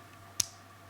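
A Torx bit is pushed into its slot in the plastic holder of a Husky Torx bit set and snaps in with one sharp, bright click at 0.4 s. The bit is seated firmly, and only a faint low hum lies under the click.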